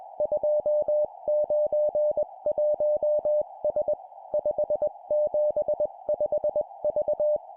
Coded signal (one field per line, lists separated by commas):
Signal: Morse code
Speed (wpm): 21 wpm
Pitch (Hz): 600 Hz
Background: none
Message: 291S 575V